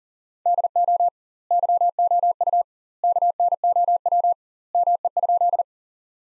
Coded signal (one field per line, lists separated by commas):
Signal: Morse code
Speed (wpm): 40 wpm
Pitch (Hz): 700 Hz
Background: none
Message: DO YOU KNOW ME?